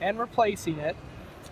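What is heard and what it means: Someone talks while the spring clip is being refitted onto the label backing paper take-up (rewind) spool of a Dispensa-Matic Bottle-Matic OS, after the backing paper has been pulled over the spool, so the clip can hold the paper. The clip is only being handled, and nothing has seated or clicked yet.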